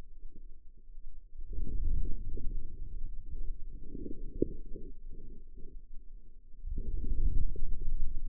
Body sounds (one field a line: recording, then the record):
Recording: forearm muscle sounds (acoustic myography)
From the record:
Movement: outward rotation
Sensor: system 2, bracelet of six BSWA MPA416 microphones around the upper forearm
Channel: 6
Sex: female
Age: 25 years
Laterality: right